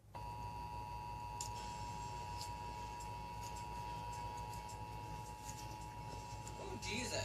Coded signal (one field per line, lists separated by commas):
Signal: Emergency Alert System (SAME) tones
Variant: 853 and 960 Hz attention tone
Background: speech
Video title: TV EAS 16 - SVA 7